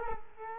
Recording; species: mosquito wingbeat signal from an infrared sensor; Culex quinquefasciatus